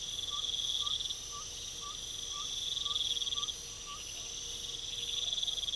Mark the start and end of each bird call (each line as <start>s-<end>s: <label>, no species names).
0.00s-4.03s: bird call